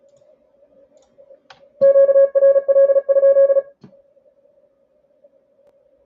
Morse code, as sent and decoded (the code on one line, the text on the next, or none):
--.- .-. .-.. ..--..
QRL?